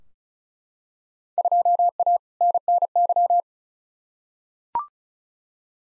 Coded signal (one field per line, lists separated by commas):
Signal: Morse code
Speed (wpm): 36 wpm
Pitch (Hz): 700 Hz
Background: none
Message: 2A NNY